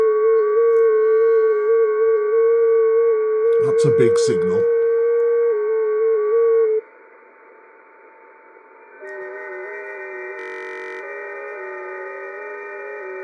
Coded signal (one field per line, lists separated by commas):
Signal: FT8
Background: speech